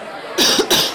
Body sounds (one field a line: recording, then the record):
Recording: coughing mixed with background sound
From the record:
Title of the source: November cold (wet coughing)